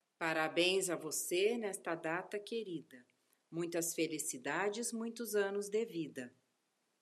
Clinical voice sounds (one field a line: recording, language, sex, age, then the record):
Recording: short text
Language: Brazilian Portuguese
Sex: female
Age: 50 to 59 years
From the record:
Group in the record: control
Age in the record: 59 years